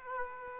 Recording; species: mosquito wingbeat signal from an infrared sensor; Aedes aegypti